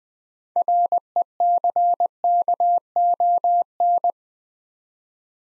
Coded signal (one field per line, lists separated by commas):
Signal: Morse code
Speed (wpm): 20 wpm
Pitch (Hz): 700 Hz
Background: none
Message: RECKON